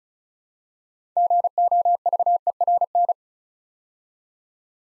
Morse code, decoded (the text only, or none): GOVERN